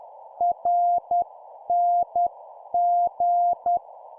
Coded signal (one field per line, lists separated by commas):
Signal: Morse code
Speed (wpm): 10 wpm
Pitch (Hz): 700 Hz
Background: none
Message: RNG